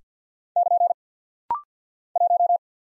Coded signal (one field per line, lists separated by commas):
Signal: Morse code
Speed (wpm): 48 wpm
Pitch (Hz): 700 Hz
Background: none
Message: <KN> 1